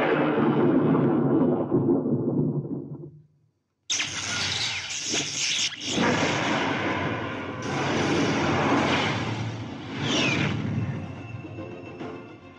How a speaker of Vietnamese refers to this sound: Đột nhiên U Minh Sơn Cốc sấm sét nổ lớn, thiên lôi màu tím quằn quại nơi chân trời, khí thế kinh thiên động địa.